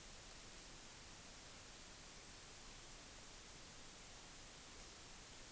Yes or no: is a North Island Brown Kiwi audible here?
no